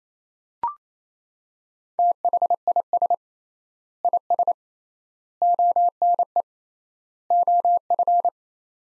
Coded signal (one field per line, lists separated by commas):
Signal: Morse code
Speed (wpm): 28 wpm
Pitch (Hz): 700 Hz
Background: none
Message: THIS IS ONE OF